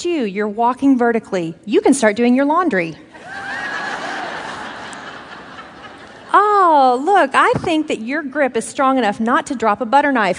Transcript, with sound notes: You're walking vertically. You can start doing your laundry." (laughter) "Oh, look, I think that your grip is strong enough not to drop a butter knife.